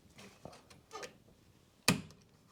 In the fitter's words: Really positive click, then push the top bit back down.